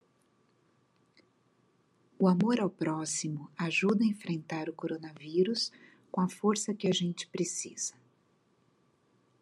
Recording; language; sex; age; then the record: spoken sentence; Brazilian Portuguese; female; 50 to 59 years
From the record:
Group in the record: control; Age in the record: 50 years